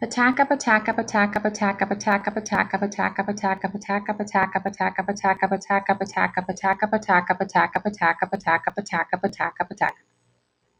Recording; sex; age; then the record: repeated syllables /pa ta ka/; female; 40 to 49 years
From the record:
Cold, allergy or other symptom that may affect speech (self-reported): no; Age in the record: 45 years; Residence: Florida, United States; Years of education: 17